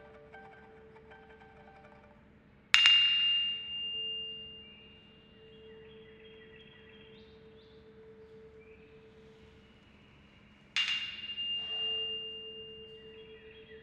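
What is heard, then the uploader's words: Wine glasses are struck twice, at about three seconds and again near eleven, each giving a sharp bright tap that rings on as a clear high tone and fades slowly. Under them a steady, lower pure tone hums without a break. Four glasses and one fork. It is a story about four wine glasses and a tuning fork, recorded in my kitchen two days ago.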